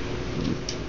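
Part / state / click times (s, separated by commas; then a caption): plastic arm shoulder joint on a transforming action figure / seated / 0.7 s. A plastic arm on a transforming action figure is brought down during transformation, and its shoulder joint is moved until it clicks into position. A short, sharp click is heard at 0.7 s over a steady low background, and the joint seats in place.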